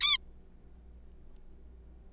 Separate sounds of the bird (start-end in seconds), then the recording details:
0.01-0.18. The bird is a juvenile. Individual R3428